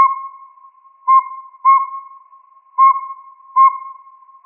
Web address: Sound Library Owls AZFO NSWO deviche 053106